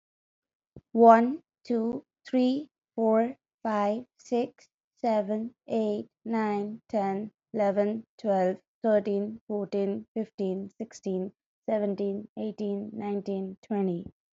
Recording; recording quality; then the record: counting at a normal pace; excellent, no background noise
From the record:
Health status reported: healthy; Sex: female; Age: 24 years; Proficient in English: yes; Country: United States